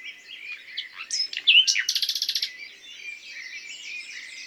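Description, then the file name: Common nightingale song: varied chirps and whistles building to a fast, buzzy rattle of repeated notes. "Luscinia megarhynchos"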